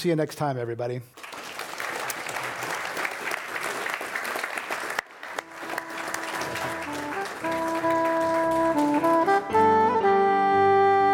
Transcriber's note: applause